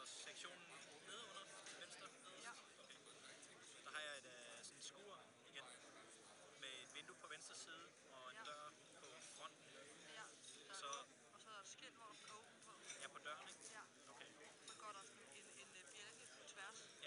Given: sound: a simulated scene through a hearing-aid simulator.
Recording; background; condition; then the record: conversation; cafeteria; 0 dB SNR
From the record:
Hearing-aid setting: IV (slow-acting compression, loudness normalization); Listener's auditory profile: A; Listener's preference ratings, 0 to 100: 55, 48, 40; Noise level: 65 dB SPL